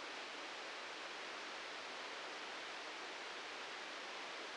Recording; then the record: brain microelectrode recording played as sound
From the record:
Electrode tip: outside the subthalamic nucleus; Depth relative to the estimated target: 4 mm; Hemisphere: right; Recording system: NeuroSet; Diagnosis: Parkinson's disease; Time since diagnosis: 13 years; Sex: male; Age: 63 years